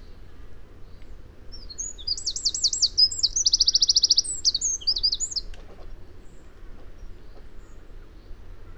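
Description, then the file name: Eurasian wren song: a single high, rapid burst of chirps and fast rattling trills lasting about four seconds, over a steady low background rumble. "Troglodytes troglodytes"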